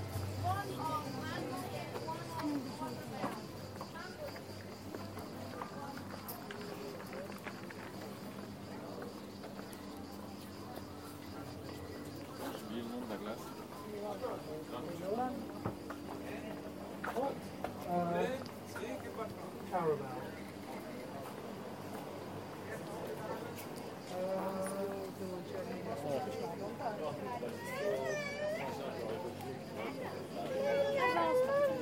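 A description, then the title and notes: Street sounds in Taormina, Sicily, Italy: voices talk and call over one another throughout, with a steady low hum underneath. Scattered clicks and a clip-clop patter come and go, and the crowd grows louder near the end. Taormina, Sicily, Italy. Enregistrements audio réalisés en milieu urbain.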